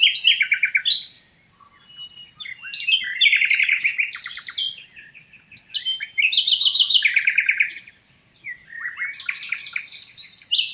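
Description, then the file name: Common nightingale song with bursts of rapid repeated notes, low rattles and a long thin whistle, delivered in phrases with short silences between. "Luscinia megarhynchos"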